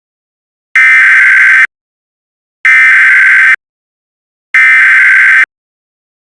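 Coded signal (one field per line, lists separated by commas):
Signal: Emergency Alert System (SAME) tones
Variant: header bursts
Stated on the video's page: Fictional EAS scenario audio drama.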